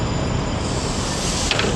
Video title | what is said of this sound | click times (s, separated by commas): 20k Indian Pursuit review | Um but I'll show you when you when you put it down, it really snaps into place | 1.5 s, 1.6 s